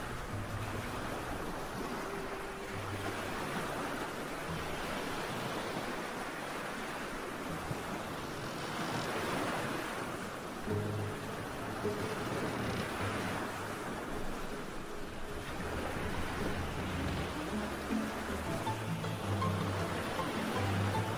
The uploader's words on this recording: Pirate ship ambience. Storm. Sea waves. Ship creaking.